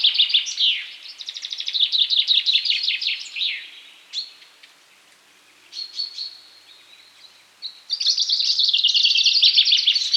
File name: Fringilla coelebs